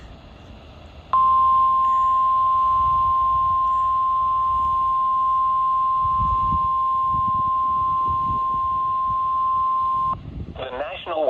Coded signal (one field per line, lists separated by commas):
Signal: Emergency Alert System (SAME) tones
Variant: 1050 Hz attention tone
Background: speech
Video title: (EAS #414) Tornado Watch #120